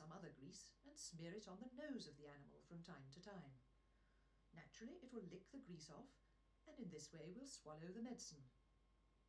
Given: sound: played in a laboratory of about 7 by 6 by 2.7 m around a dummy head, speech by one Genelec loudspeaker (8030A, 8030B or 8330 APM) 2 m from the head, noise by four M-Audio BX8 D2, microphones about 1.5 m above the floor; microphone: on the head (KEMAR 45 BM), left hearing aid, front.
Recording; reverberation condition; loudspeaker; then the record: female speech in English; low; behind (180 degrees)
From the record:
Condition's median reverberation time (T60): about 310 ms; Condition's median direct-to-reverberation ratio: about 3.5 dB